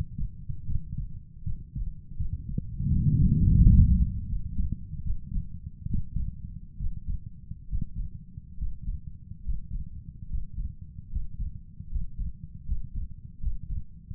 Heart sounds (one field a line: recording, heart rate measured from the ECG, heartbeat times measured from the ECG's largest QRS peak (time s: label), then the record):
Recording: heart sounds by stethoscope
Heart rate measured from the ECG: 76 bpm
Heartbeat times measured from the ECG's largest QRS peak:
0.66 s: heartbeat
1.43 s: heartbeat
2.17 s: heartbeat
2.88 s: heartbeat
3.58 s: heartbeat
4.27 s: heartbeat
5.03 s: heartbeat
5.87 s: heartbeat
6.78 s: heartbeat
7.68 s: heartbeat
8.57 s: heartbeat
9.44 s: heartbeat
10.28 s: heartbeat
11.10 s: heartbeat
11.89 s: heartbeat
12.65 s: heartbeat
13.40 s: heartbeat
14.13 s: heartbeat
From the record:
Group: healthy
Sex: male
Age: 35 years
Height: 178 cm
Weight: 64 kg